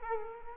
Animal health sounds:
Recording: mosquito wingbeat signal from an infrared sensor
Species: Culex quinquefasciatus

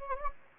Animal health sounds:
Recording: mosquito wingbeat signal from an infrared sensor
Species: Anopheles gambiae

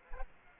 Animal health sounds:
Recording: mosquito wingbeat signal from an infrared sensor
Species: Aedes aegypti

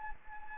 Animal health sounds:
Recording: mosquito wingbeat signal from an infrared sensor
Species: Anopheles gambiae

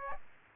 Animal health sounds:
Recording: mosquito wingbeat signal from an infrared sensor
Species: Aedes aegypti

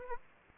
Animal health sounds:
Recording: mosquito wingbeat signal from an infrared sensor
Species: Aedes aegypti

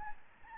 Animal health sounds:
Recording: mosquito wingbeat signal from an infrared sensor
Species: Aedes albopictus

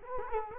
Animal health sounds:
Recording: mosquito wingbeat signal from an infrared sensor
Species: Culex quinquefasciatus

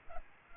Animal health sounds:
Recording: mosquito wingbeat signal from an infrared sensor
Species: Aedes aegypti

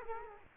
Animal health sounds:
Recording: mosquito wingbeat signal from an infrared sensor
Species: Culex quinquefasciatus

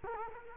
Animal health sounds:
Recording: mosquito wingbeat signal from an infrared sensor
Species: Culex quinquefasciatus

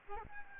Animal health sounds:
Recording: mosquito wingbeat signal from an infrared sensor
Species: Aedes albopictus

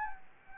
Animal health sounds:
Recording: mosquito wingbeat signal from an infrared sensor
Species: Anopheles gambiae

